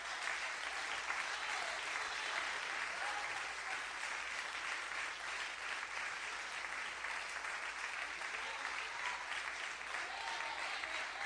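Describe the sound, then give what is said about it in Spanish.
An audience applauds Christ during a sermon, steadily, a dense wash of many hands clapping at an even loudness throughout, with no pauses and no voices standing out. “Y mientras se mantienen en esa actitud, dale un aplauso a Cristo que Él se lo merece.”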